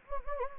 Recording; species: mosquito wingbeat signal from an infrared sensor; Anopheles gambiae